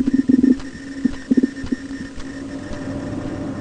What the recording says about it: I have a stethoscope sort of cling filmed to my stomach. We're about to listen to me digesting my lunch.